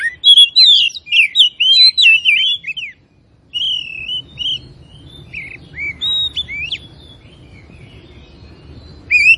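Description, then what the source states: Oriental magpie-robin singing a dense rapid sequence of whistled, slurred notes, followed by sparser separated phrases and a closing note. Kacer of the Tretes type, described as gacor (singing vigorously).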